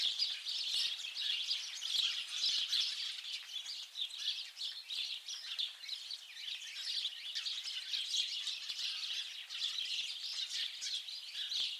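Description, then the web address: Birds giving a thick, steady chorus of high chirps and twitters, the overlapping calls rising and falling in loudness without a pause. "Deverinetal 2025. Bird Only"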